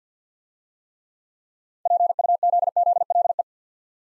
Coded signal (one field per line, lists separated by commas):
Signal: Morse code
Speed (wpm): 53 wpm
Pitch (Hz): 700 Hz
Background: none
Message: PUZZLE